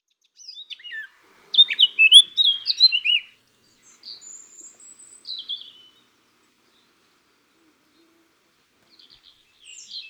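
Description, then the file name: Eurasian blackcap song: a few short notes, then a brief burst of rich warbled notes, then some thinner, higher notes, a quiet gap and faint notes at the end. "Sylvia atricapilla"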